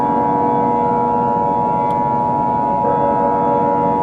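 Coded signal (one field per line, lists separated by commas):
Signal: Emergency Alert System (SAME) tones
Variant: 853 and 960 Hz attention tone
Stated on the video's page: Fictional, simulated alert scenario.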